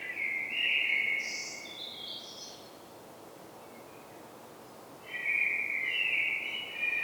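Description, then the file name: Common blackbird singing a fluty, warbled phrase ending in a brief high squeaky flourish, then after a pause of a few seconds a second fluty phrase; faint steady background hiss. "Turdus merula"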